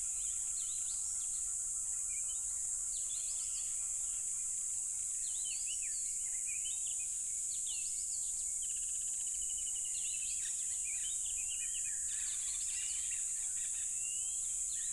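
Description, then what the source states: A steady, intense cricket chorus runs throughout, mixed with lively bird chirps, trills and whistles. Loud crickets at a tropical river.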